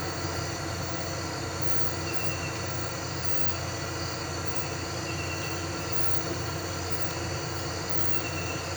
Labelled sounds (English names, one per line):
none